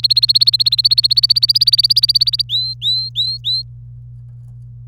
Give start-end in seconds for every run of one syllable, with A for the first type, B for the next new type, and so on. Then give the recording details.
0.00-2.42 A, 2.49-3.62 B. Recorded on 26 April 2018 at 05:57. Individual llb3